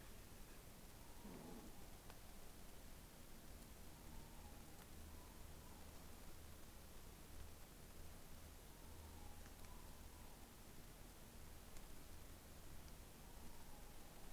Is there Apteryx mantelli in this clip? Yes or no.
no